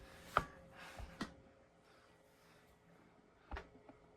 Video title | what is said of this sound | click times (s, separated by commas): Corsair H100i AIO Cooling System | You're going to hear it snap. | 0.4 s